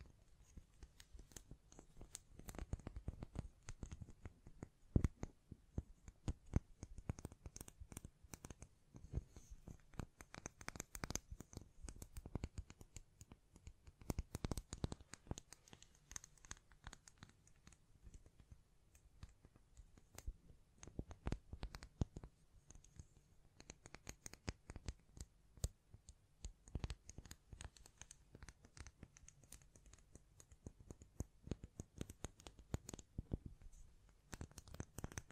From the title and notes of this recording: ASMR Blue Yeti Mic Test Tapping, Scratching, Mic Brushing, Hand Sounds etc (No Talking).